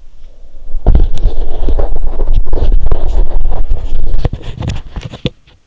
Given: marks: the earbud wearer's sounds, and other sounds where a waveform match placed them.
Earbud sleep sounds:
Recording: sounds in sleep by an in-ear microphone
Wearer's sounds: teeth grinding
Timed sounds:
0.59-5.67 s: teeth grinding

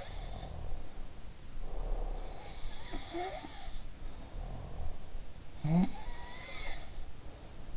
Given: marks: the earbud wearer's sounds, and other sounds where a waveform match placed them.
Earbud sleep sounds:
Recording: sounds in sleep by an in-ear microphone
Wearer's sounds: breath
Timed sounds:
0.00-1.27 s: sound from someone else or the room
1.57-2.79 s: breath
2.26-4.57 s: sound from someone else or the room
5.61-7.77 s: sound from someone else or the room

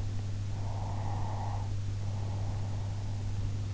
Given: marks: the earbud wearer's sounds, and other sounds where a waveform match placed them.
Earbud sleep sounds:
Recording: sounds in sleep by an in-ear microphone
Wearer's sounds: breath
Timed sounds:
0.54-3.51 s: breath

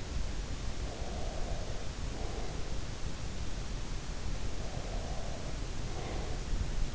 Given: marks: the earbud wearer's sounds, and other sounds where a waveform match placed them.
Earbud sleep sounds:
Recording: sounds in sleep by an in-ear microphone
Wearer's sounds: breath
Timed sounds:
0.36-2.96 s: breath
3.87-6.93 s: breath

